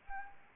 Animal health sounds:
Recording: mosquito wingbeat signal from an infrared sensor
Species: Anopheles arabiensis

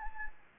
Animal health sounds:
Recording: mosquito wingbeat signal from an infrared sensor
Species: Anopheles gambiae

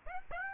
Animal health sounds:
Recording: mosquito wingbeat signal from an infrared sensor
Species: Aedes aegypti

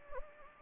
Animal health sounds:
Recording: mosquito wingbeat signal from an infrared sensor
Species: Anopheles gambiae

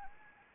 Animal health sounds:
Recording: mosquito wingbeat signal from an infrared sensor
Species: Anopheles arabiensis

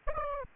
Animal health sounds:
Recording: mosquito wingbeat signal from an infrared sensor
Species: Aedes aegypti

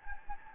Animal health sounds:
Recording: mosquito wingbeat signal from an infrared sensor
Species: Anopheles gambiae

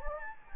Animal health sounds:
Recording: mosquito wingbeat signal from an infrared sensor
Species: Anopheles gambiae

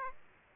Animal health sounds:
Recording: mosquito wingbeat signal from an infrared sensor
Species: Aedes aegypti

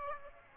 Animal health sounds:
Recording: mosquito wingbeat signal from an infrared sensor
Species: Aedes aegypti

